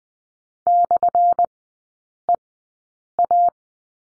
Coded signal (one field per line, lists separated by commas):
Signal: Morse code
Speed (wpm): 20 wpm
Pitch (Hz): 700 Hz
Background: none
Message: /EA